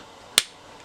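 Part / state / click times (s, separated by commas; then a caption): two plastic halves of a transforming robot toy joined to each other / seated / 0.4 s. The two plastic halves of a transformed Transformers Studio Series 86 Constructicon Hook & Long Haul robot toy are pressed together until they lock. A single sharp, crisp click rings out at 0.4 s against a quiet background. The halves seat and lock firmly together.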